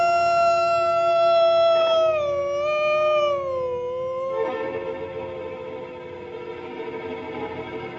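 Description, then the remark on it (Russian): A long, sustained howl of a hungry grey wolf beside a big snowdrift in a forest at night, with a strong tonal pitch that slowly glides downward, rises briefly, then settles lower into a rougher, wavering tone, heard alone without speech. “За большим сугробом показался голодный серый волк.”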